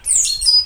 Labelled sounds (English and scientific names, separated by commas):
Stitchbird (Notiomystis cincta) song